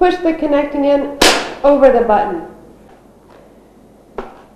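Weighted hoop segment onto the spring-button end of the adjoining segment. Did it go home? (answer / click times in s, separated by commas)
yes / 4.2 s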